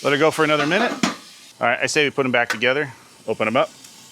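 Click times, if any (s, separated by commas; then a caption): none. Someone talks while handling the metal tong hinge lock of a folding BBQ tool, with a low steady hiss filling the pauses between words. The tongs are being put back together and opened, but the lock has not clicked into place yet.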